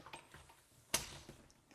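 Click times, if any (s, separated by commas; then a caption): 0.9 s. After the water supply is connected, a Fluidmaster plastic bidet seat is slid back onto its mounting bracket on the toilet. A few faint ticks lead up to one sharp click at 0.9 s as the seat clips into place and is seated, followed by a few light taps.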